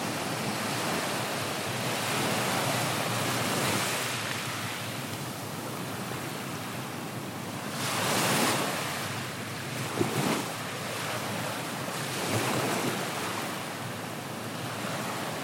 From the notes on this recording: slowly breaking waves on Hermosa Beach on the west coast of Costa Rica. The occasional birdsong can also be heard.